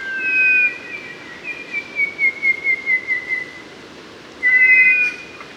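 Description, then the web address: Mangrove robin whistled song: a clear double-toned whistle, a long steady whistle pulsing in soft beats, then another clear double-toned whistle, over a quiet hiss. Papua New Guinea. "pngbirds Pene Pulv"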